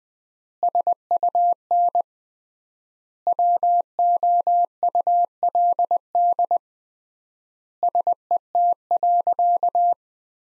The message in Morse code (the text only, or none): SUN WOULD SET.